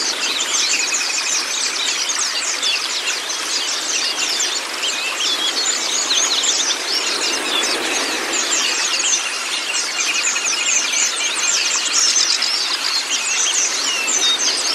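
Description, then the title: White-eye song: unbroken, high, chattering warble of rapid twitters and short trills, with hiss underneath throughout. Training recording (masteran) of white-eye (pleci kacamata si putih) song, meant to get a silent (bisu) pleci singing constantly (gacor). "mster Mnuk. Terapi Pleci Bisu Menjadi Gacor Abis. Masteran Pleci Kacamata Si Putih"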